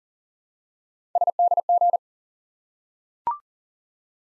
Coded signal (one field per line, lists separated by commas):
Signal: Morse code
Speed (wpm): 42 wpm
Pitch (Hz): 700 Hz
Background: none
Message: SDG